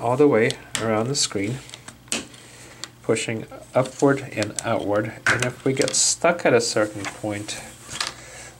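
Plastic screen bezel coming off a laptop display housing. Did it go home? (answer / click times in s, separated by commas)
released / 2.1 s, 2.8 s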